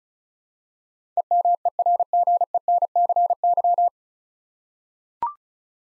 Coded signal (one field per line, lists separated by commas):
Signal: Morse code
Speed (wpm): 36 wpm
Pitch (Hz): 700 Hz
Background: none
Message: EMERGENCY